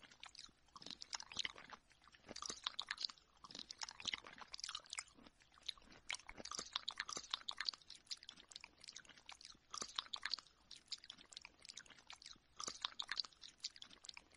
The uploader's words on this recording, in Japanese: 浸湿你大脑的口腔音。